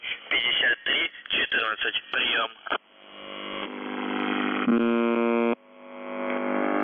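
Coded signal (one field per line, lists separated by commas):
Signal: numbers station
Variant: UVB-76 (The Buzzer)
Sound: brief spoken words over the radio, then a harsh droning buzz that cuts off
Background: radio static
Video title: The Buzzer/UVB-76(4625Khz) June 3, 2021 12:18UTC Voice message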